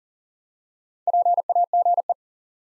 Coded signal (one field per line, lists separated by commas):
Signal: Morse code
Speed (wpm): 38 wpm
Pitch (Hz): 700 Hz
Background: none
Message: PAGE